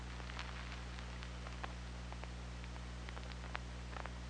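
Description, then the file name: Killer whale clicking, quick uneven trains of short sharp pulses throughout, with a constant low hum beneath. Recorded on the OrcaLab hydrophone, 24 August 2017, at 23:04. "Orca Lab UTLN JASON 20170824 230413"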